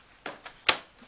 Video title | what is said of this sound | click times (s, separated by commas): REPAIR A WESTINGHOUSE MONITOR BY REPLACING POWER SUPPLY PART 2 | actually squeeze it down it's going to snap right in | 0.7 s